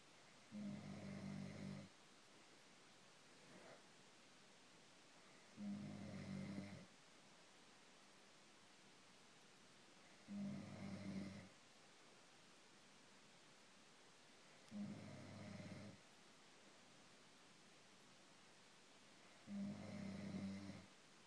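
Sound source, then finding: Adult sleeper. Snoring.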